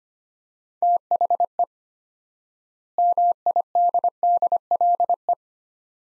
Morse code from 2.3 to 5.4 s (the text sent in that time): MIDDLE